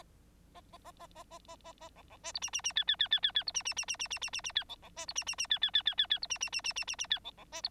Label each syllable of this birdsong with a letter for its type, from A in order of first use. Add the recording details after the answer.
A A A A A A A A A B B C D E E E F F F F F F D E E E E E E E E E F B B C D E E E F F F F F F D E E E E E E E F B B C D. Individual Bird9